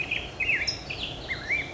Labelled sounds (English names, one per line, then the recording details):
Black-headed Grosbeak
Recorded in Sonoma County, California